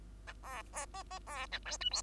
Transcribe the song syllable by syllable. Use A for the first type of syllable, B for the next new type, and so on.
A B B C C B A D E F